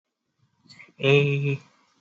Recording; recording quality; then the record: sustained vowel as in made; excellent, no background noise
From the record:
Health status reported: healthy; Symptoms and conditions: none ticked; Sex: male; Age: 18 years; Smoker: not ticked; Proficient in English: yes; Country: India